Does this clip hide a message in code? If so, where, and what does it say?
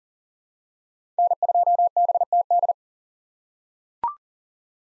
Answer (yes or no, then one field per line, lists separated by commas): yes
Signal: Morse code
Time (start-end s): 1.2-2.7 s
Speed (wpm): 40 wpm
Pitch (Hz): 700 Hz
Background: none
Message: N2BTD